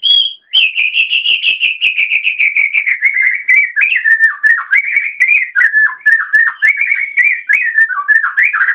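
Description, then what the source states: Oriental magpie-robin song, a continuous, fast run of rich whistled and chattering notes that gradually slides lower throughout, with brief sharp clicks mixed in. Magpie-robin chirping.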